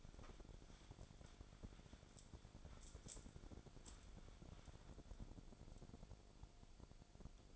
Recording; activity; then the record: daily activity, microphone in the room; wipe stove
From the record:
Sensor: 5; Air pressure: 1000.6 hPa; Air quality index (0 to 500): 158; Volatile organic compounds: 2 ppm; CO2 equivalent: 1216 ppm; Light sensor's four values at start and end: 48/103/47/53 and 49/104/47/53